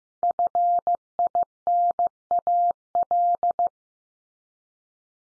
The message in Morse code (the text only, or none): FINAL